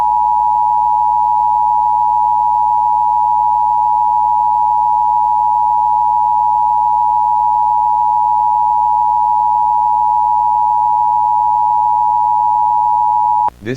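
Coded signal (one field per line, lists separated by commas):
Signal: Emergency Alert System (SAME) tones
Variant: 853 and 960 Hz attention tone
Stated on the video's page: Fictional EAS scenario based on an analog horror series; simulated alert, not real.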